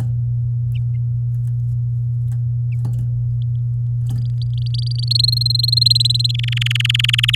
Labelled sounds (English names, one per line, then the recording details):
Domestic Canary song
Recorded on 8 May 2018 at 15:26
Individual llb16